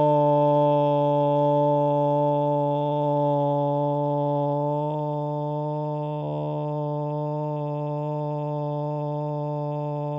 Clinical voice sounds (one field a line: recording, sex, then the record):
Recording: sustained vowel /o/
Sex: male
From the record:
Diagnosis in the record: Parkinson's disease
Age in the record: 70 years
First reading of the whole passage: 112 s, 4.6 characters per second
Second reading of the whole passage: 107 s, 4.9 characters per second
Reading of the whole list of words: 68 s, 4.1 characters per second